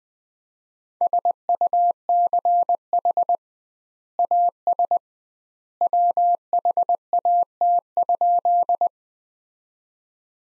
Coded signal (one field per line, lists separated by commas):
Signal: Morse code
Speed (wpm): 21 wpm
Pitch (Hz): 700 Hz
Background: none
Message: SUCH AS WHAT?